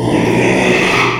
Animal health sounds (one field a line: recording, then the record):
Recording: squeal of a Yucatan mini pig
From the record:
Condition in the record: after surgery on the right vocal fold (resection and tissue-engineered implant)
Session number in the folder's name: 1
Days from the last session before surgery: 6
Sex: male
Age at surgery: 12 weeks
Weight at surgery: 13 kg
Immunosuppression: cyclosporine, prednisolone